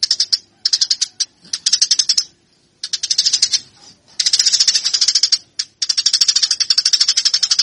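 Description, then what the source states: Eurasian tree sparrow song, repeated bursts of harsh rapid chirping broken by brief silences. Fighting-style (tarung) song.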